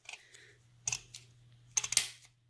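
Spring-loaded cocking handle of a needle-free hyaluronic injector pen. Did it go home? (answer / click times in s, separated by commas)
yes / 0.9 s, 1.8 s, 2.0 s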